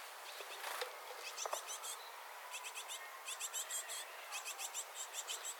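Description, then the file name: Great tit song, clipped two-note phrases repeated rapidly in short strings, after a few scratchy knocks at the start. "Parus major"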